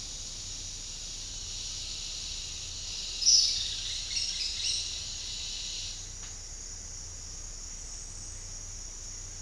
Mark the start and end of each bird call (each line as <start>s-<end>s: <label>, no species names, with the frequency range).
3.10s-4.98s: bird call (1.2-7.4 kHz)